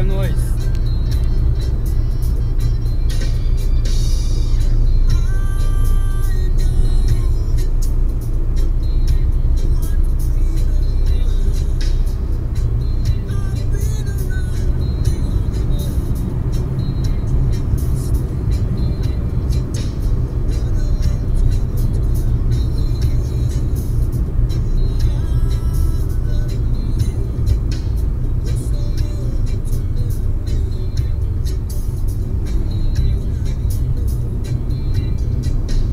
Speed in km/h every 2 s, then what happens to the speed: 100, 98, 97, 97, 99, 101, 105, 110, 111, 107, 101, 100, 98, 91, 87, 82, 82, 87.
0-6 steady at about 97. 6-16 speeds up to 111. 16-30 slows to 82.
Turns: none.